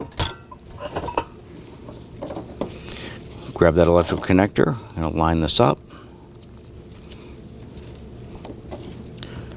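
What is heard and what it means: A plastic wiring harness electrical connector for the fuel pump module on top of the tank of a 2018-2024 Toyota Camry, during fuel level sending unit replacement, is handled and lined up, giving small clicks and taps, with the sharpest at 0.2 s. Someone talks in the middle, then quieter handling taps follow. The connector has not snapped into position yet; nothing has seated.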